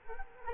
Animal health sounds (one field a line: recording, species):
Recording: mosquito wingbeat signal from an infrared sensor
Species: Culex quinquefasciatus